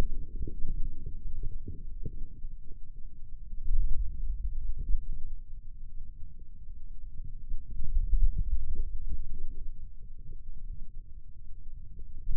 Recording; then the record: forearm muscle sounds (acoustic myography)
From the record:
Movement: pen grasping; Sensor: system 2, bracelet of six BSWA MPA416 microphones around the upper forearm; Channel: 2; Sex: male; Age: 22 years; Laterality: right